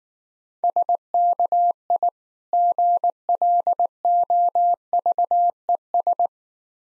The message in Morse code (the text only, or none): SKI GLOVES